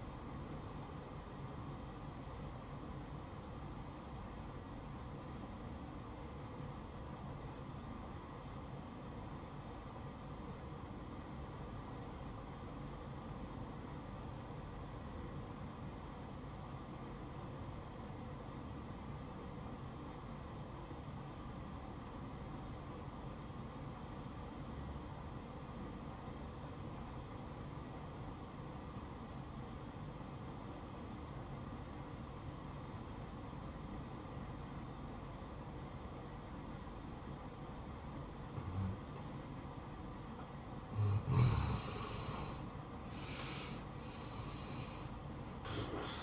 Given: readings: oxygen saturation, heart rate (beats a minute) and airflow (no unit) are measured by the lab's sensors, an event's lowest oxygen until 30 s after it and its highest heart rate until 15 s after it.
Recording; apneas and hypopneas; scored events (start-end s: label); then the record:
breathing in sleep by a smartphone at the bedside; 1
6.00-41.50 s: obstructive apnea (N2, oxygen 96% highest, then 84% lowest, heart rate 62 at the start, 69 highest)
From the record:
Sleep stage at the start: N2 (light sleep); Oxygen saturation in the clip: 86 to 96%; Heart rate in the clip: 59 to 67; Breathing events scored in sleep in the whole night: 573 in 9.8 hours asleep